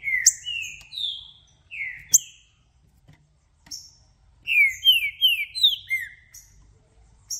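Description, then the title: Green-winged saltator song: clear whistled slurred notes in short bursts with pauses, ending in a run of rapid descending whistles with thin high notes above. Recording played to warm up a trinca-ferro for a singing contest, varying through several song types, meant to open up the bird's song. "Trinca Ferro VALENTE! VIRANDO VARIOS TIPOS DE CANTOS!! Melhor para ABRIR O CANTO!!"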